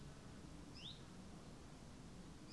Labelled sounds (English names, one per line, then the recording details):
Common Chiffchaff
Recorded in Germany
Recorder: ecoPi